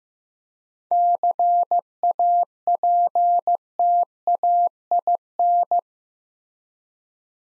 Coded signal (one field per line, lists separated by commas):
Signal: Morse code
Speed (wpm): 15 wpm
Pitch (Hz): 700 Hz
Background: none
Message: CAPTAIN